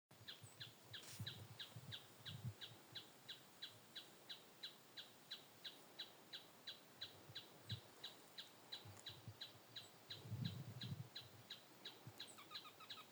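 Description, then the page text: Planalto tapaculo repeating short, dry notes at a quick, even pace throughout, over low rumbling background noise. Recorded 20 June 2025 in Misiones, Argentina. "Churrín Plomizo (Scytalopus pachecoi). Santiago Juan Torres"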